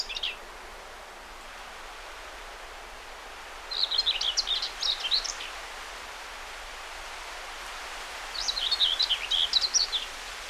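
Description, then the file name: Common whitethroat song: the tail of one phrase, then two hurried, scratchy warbled phrases a few seconds apart, each about a second and a half long, over soft background hiss. Recorded 20 May 2009. "20090520 whitethroat"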